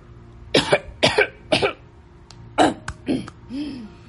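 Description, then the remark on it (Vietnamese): Heavy, harsh coughing from a man who is tapping his fingers on a table: about five rough, loud bursts in an uneven rhythm, a couple of smaller hacks between them, ending in a low throaty groan. “gõ gõ ngón tay lên bàn và ho sù sụ.”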